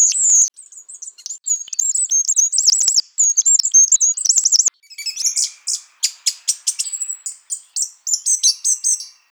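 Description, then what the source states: Bird song: high-pitched warbling and trilled phrases, then a run of sharp rapid chirps and clicks, with only brief gaps. Song unit 16.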